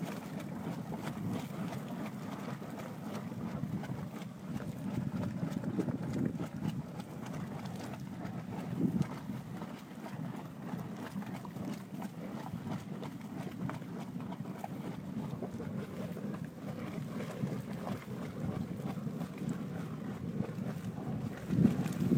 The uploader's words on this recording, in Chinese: 黑沙盆地泉边休息_美国黄石国家公园。